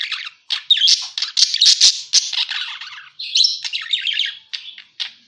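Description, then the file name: Parakeet calls mixing sharp clicks, harsh squawky bursts and warbling chirps, broken by brief silences. Lure sound used for catching birds. "pancingan suara burung parkit"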